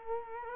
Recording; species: mosquito wingbeat signal from an infrared sensor; Culex quinquefasciatus